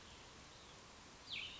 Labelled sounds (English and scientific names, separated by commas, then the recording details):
Cassin's Vireo (Vireo cassinii)
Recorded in Sonoma County, California